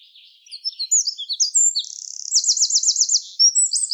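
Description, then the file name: Eurasian wren song, a rapid, high, tinkling run of varied notes broken by fast buzzy trills, starting softly and then loud and energetic. "Troglodytes troglodytes"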